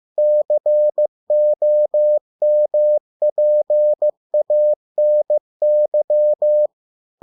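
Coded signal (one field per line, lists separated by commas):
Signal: Morse code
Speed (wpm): 15 wpm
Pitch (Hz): 600 Hz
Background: none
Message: COMPANY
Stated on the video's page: Morse practice of 100 English words at 15 WPM, for copying by ear.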